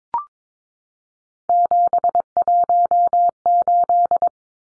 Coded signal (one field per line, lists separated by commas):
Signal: Morse code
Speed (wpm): 22 wpm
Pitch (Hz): 700 Hz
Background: none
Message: 718